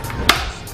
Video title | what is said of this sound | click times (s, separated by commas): NEW MOTOUR HELMET│Free Sticker If You Catch Me│Going Italian | So, that click, ibig sabihin, it's already secured. | 0.3 s